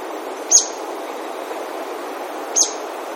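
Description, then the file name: Brown-eared bulbul, two clipped high-pitched shrill notes two seconds apart, with a soft constant hiss underneath. "hiyo"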